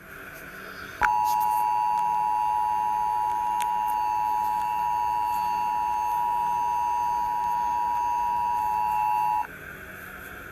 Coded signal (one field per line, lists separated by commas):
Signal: Emergency Alert System (SAME) tones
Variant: 853 and 960 Hz attention tone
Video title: Angry grandpa gets interrupted by EAS monthly test